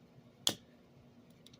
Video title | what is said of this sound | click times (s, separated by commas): A New Windcharger is Here! | And these windows just snap back in. Locks into place nice and securely. | 0.5 s